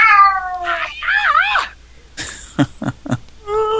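A cat lets out a series of loud, drawn-out meows that waver in pitch, followed by a few shorter, choppier yowls and a final rising cry, with no talking.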